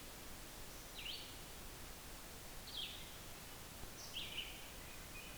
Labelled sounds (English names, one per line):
Red-eyed Vireo song